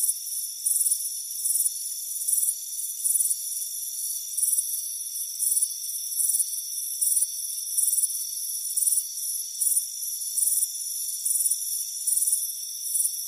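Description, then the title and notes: Crickets chirping in short high pulsed bursts over a steady high insect drone. Crickets chirping on a warm afternoon by a front porch. "Soothing Crickets Chirping Sound. It's a warm afternoon as you relax in a hammock on the front porch. Relax and fall asleep to the soothing sound of chirping crickets. Deep Sleep Sounds"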